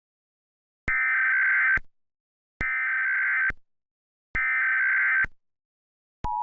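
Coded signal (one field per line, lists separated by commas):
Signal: Emergency Alert System (SAME) tones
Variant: header bursts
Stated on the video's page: Mock Severe Thunderstorm Watch alert for the Twin Cities, simulated with CapCut, NTSC-RS and Audacity, using the Tom (CRS) voice.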